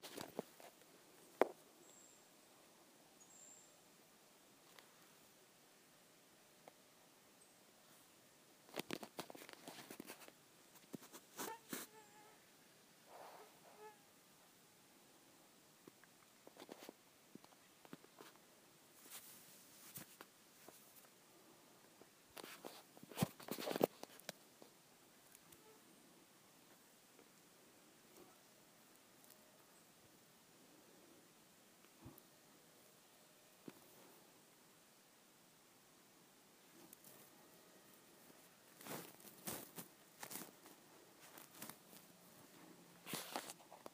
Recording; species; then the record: mosquito flight sound by mobile phone; Aedes sierrensis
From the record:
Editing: field recording with all noises